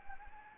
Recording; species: mosquito wingbeat signal from an infrared sensor; Anopheles arabiensis